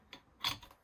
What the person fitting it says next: There, that'll click right into place.